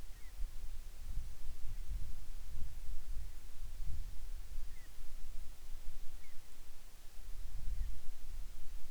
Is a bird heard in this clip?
yes